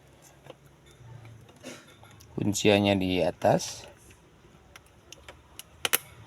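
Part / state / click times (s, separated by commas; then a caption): RCA wiring socket into car head unit / seated / 5.9 s, 6.0 s. A plastic RCA wiring socket is pushed again into an Android 9-inch car head unit in an Etios Valco until it latches. Someone talks between about 2.4 and 3.7 s, followed by small plastic handling ticks. The socket clicks home with two sharp clicks at 5.9 and 6.0 s, and it is seated.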